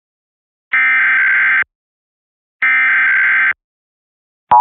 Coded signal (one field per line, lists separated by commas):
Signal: Emergency Alert System (SAME) tones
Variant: header bursts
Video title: EAS: Pennsylvania Required Monthly Tests (11/19/20)(EAS #511-518)